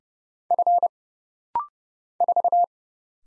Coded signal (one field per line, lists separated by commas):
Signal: Morse code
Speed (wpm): 30 wpm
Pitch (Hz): 700 Hz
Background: none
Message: F 4